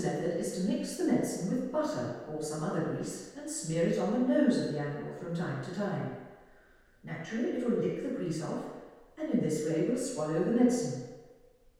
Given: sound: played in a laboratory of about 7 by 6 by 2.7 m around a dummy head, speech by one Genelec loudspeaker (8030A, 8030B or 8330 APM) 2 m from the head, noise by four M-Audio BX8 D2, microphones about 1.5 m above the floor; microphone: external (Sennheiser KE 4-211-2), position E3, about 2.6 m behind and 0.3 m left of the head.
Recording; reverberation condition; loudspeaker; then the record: female speech in English; high; 90 degrees to the right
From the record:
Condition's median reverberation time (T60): about 1300 ms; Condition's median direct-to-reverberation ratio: about -4.0 dB